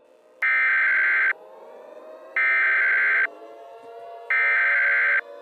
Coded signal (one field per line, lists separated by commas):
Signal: Emergency Alert System (SAME) tones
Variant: header bursts